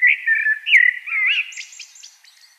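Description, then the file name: Common blackbird delivering a loud fluty phrase of rolling whistles, finished with a thin, high twittering tail. "Turdus merula"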